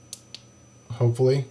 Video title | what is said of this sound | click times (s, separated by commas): The iPad 2 FITS!!! | Hopefully you can hear the click, so you lightly press on the top of that and you can see how the audio jack lines up on that, | 0.1 s, 0.3 s